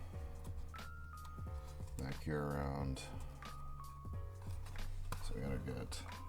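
A plastic hull section is handled at the back of an NX-01 Refit model body while someone talks over background music, with a few light handling taps. Nothing has seated or clicked into place yet.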